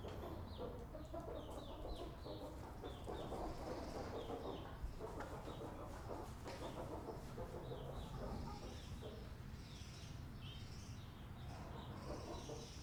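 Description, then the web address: Chickens clucking, many birds calling over one another in a dense, continuous chorus above a steady low rumble. Chickens inside a barn; ambience. "ambiences inside barn with chickens"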